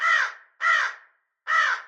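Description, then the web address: Crow cawing, three harsh, hoarse caws spaced about half a second to a second apart, each falling off at the end. "ворона"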